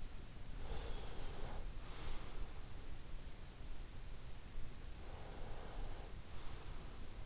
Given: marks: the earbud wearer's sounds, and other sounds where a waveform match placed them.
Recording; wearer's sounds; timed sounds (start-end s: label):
sounds in sleep by an in-ear microphone; breath
0.42-2.68 s: breath
4.77-7.26 s: breath